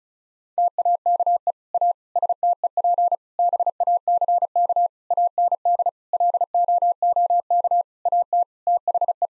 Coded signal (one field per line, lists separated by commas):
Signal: Morse code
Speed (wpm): 36 wpm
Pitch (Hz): 700 Hz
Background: none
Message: TAKE A STEP BACK AND LOOK AT THE